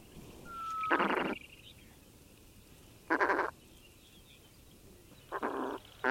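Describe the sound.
Steller's eider giving short, buzzy, nasal calls, each under half a second, spaced two to three seconds apart over a low background hiss.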